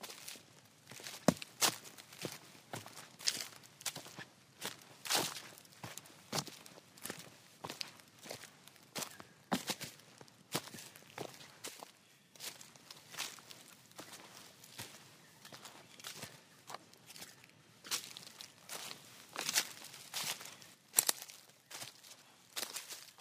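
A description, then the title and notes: Footsteps crunch and swish through grass in a steady walking rhythm, each step a crisp rustle, with a quiet hush between. Footsteps On Grass.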